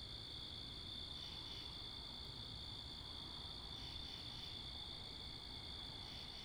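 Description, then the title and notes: An even cricket chorus trills steadily, swelling briefly around one and four seconds, with wind and cars rumbling low beneath. Crickets recorded in Wakefield, Rhode Island, 10 October 2021 at 11:35pm, facing northeast, with two Rode NTG-3 shotgun mics on a Sound Devices MixPre 10ii; cars and wind present. "Oct 10th 2021 11:35pm Wakefield, Rhode Island. Crickets, Cars, and Wind"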